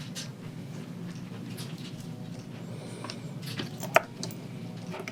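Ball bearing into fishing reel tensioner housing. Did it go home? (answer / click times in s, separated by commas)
yes / 4.0 s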